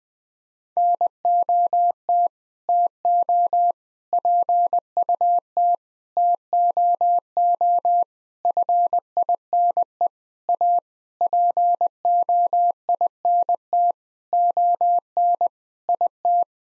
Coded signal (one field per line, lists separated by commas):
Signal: Morse code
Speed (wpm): 21 wpm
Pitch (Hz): 700 Hz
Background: none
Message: NOT TO PUT TOO FINE A POINT ON IT